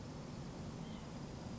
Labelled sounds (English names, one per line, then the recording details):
White-breasted Nuthatch
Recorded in Sonoma County, California